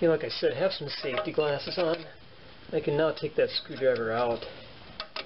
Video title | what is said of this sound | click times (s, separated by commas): How to replace emergency brake shoes Ford F150, F250 or Expedition '97-'03 | There. Now it's locked into place. | 5.0 s, 5.2 s